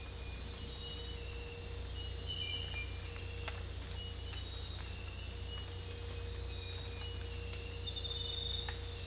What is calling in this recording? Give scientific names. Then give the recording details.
none. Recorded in dense forest near Puerto Asís, Putumayo, Colombia, on 22 December 2024 at 02:00. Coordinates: 0.486, -76.317. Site G003